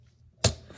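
After near silence, a plastic action figure's arm is pushed back onto its mushroom-peg ball joint, the same fix used earlier on its leg. A single sharp snap rings out at 0.5 s, followed by a fainter tick near the end. The arm is seated back on the joint.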